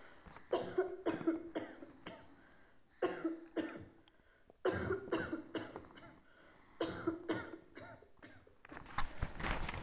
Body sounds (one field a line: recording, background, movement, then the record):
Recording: deep breathing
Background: a bystander coughing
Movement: sitting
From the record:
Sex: female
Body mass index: 25.5 kg/m2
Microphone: on the chest, facing outward